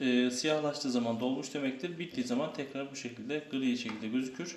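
On a Hoover H-Dish 350 dishwasher door, the plastic rinse-aid compartment cap is being handled while someone talks throughout. Nothing has seated or clicked yet; the cap has not snapped shut by the end.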